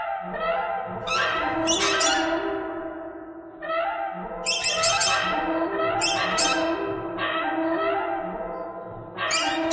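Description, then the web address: Birds giving harsh, squeaky calls, overlapping in dense bursts with brief pauses between. "soundfactory birds thread buzz"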